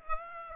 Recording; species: mosquito wingbeat signal from an infrared sensor; Aedes aegypti